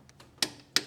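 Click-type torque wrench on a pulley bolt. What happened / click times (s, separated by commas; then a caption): The torque wrench clicked at its set torque / 0.8 s. A click-type torque wrench set to 37 ft-lb tightens the tensioner or idler pulley bolt on a 2006 Colorado during a serpentine belt job. Faint ticks at about 0.1 and 0.2 s and a sharp tick at 0.4 s come before the wrench's loudest, sharp click at 0.8 s. That click confirms the bolt has reached its torque setting.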